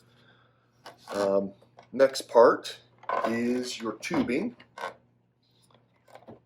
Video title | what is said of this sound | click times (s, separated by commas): Quick Basics: Resmed AirSense™10 | Make sure to get it all the way in. If you don't, it will sound like it's leaking. Snap it in place there. | 0.9 s